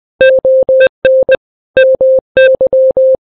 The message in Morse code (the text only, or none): ON MY